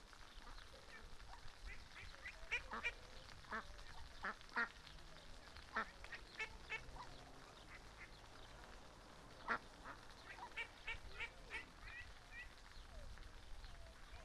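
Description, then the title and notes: Mallard calls: scattered short quacks and peeps from several ducks over a steady wash of flowing water, with faint low rumble beneath. Mallards of all ages, adults, juveniles and ducklings with mothers, at a small park river, Griñón, Madrid, Spain; Sunday afternoon; agitated when fed, young begging for food; Zoom H1n recorder. "Paseo de la Senda, 34, Griñón, Madrid, España - Tarde en el parque del río con patos. Los sonidos de aves que se escuchan son Ánade Real (Anas platyrhynchos). Hay de todas la edades, adultos, medianos y también patitos pequeños con sus mamás"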